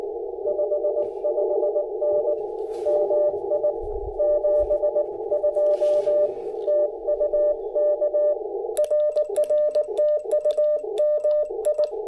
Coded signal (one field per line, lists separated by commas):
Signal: Morse code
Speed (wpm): 19 wpm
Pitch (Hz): 590 Hz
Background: none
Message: 55N MI 72 TU K RR TU MI